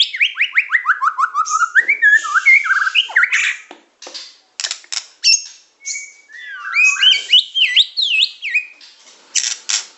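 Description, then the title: Oriental magpie-robin delivering a quick series of falling slurred whistles, then varied warbling phrases and sharp notes separated by brief silences. "Kicau Kacer"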